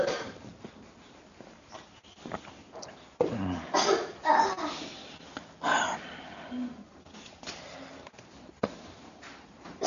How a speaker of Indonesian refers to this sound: Afwan, ini agak terganggu sedikit batuknya.